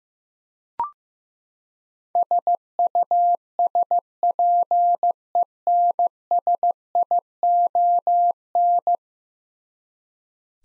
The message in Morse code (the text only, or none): SUSPENSION